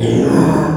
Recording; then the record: squeal of a Yucatan mini pig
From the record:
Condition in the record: before surgery on the right vocal fold (resection and tissue-engineered implant); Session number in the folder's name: 2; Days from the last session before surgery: 0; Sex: male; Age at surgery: 12 weeks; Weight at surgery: 13 kg